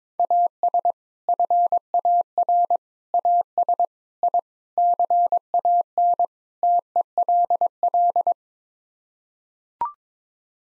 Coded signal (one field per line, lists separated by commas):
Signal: Morse code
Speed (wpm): 21 wpm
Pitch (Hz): 700 Hz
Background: none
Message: AS FAR AS I CAN TELL